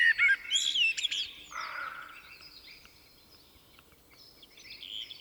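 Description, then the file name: Common blackbird with a brief loud fluted phrase at the start, then quieter warbling and bird chirps over a hissy background. "Turdus merula"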